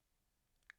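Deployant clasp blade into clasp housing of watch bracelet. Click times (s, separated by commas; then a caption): 0.7 s. The steel micro-adjustment deployant clasp on a NIVARI Eden Collection watch bracelet is pressed closed, its blade going into the clasp housing with a smooth action. After near silence, a single sharp, bright, heavy click sounds at 0.7 s as the clasp seats and closes.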